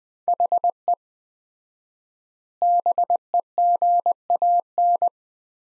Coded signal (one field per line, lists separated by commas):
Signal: Morse code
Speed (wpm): 20 wpm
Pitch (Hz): 700 Hz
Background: none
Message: HE BEGAN